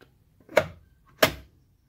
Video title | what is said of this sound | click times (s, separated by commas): Installing HP Proliant Dl360p g8 power supply box into the server g8 server | can hear it click clicks in | 0.6 s, 1.2 s